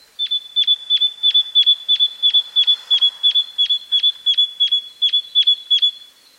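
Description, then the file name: Great tit repeating a long, even series of sharp, high ringing notes, about three per second for six seconds, with a faint thin call beneath. "Parus major"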